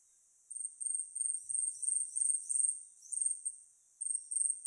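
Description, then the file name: Asian stubtail song: very high, thin, insect-like notes in short series that swell in loudness, repeated after brief pauses. Recorded at Yahaba on 2010-05-08. "yabusame yahaba mikami"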